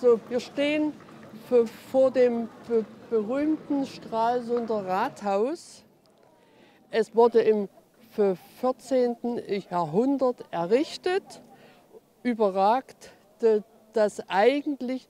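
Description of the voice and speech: An adult woman speaking German with stuttering: sound repetitions and stretched onsets ('f-f-vor', 'be-be-berühmten') and long pauses, while guiding a city tour at a stuttering congress in Stralsund as confrontation therapy.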